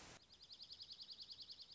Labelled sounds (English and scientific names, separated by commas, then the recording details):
Dark-eyed Junco (Junco hyemalis)
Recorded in Sonoma County, California